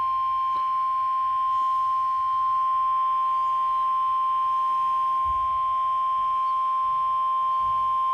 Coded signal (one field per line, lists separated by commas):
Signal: Emergency Alert System (SAME) tones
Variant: 1050 Hz attention tone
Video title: RWT EAS 128